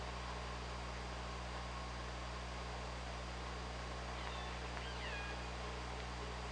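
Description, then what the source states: Orca calls, two short wavering tonal calls close together partway through, over a constant underwater hiss and low hum. Recorded at Orca Lab on 24 August 2017 at 19:12.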